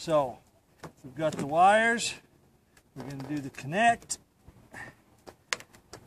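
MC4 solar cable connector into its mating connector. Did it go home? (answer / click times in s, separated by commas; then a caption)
yes / 5.5 s. Someone talks while joining an MC4 solar cable connector on the solar panel wires into its mating connector. A sharp snap at 5.5 s marks the plastic housings locking together, and the connector is seated.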